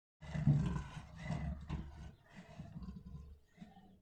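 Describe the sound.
Lion breathing: deep, rough exhalations and huffs, strongest in the first two seconds, then fading into softer, lower rumbling breaths.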